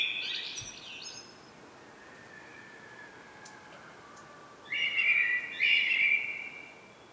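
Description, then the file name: Common blackbird song: a thin twittering phrase opens, quiet follows, then a loud warbled phrase in two bursts near the end. "Turdus merula"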